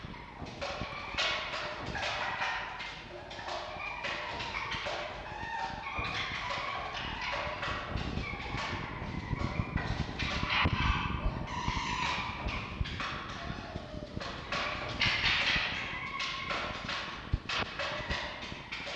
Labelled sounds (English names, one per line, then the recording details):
Red Fox
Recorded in captivity
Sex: female
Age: adult
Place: Zoologisches Institut der HUB, Berlin, DE
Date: 1952-02-06 20:00
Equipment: Elmetra
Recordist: Tembrock, Günter